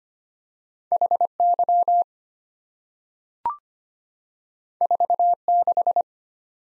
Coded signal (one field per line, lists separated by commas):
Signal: Morse code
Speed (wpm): 25 wpm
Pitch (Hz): 700 Hz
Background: none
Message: HY 46